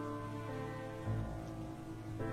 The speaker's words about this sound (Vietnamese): Trời mưa nặng hạt kèm theo tiếng sấm rền vang và tiếng khóc của kẻ vừa mất đi người thân.